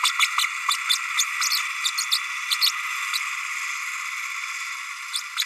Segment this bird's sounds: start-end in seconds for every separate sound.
0.03-0.11, 0.19-0.27, 1.17-1.24, 2.11-2.18, 2.50-2.56, 2.61-2.71, 5.37-5.44